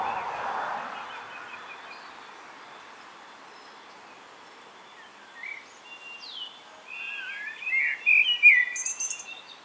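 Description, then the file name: Common blackbird song emerging after a quiet, hissy stretch: a few fluty notes, then a louder warbling phrase topped by high twitters near the end. "Turdus merula"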